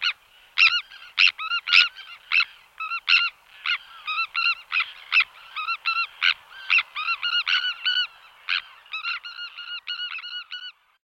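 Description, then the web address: Sandwich tern calling in a fast, irregular series of harsh, creaky notes, some clipped and some drawn out, nearly continuous for about ten seconds. "Splitterne"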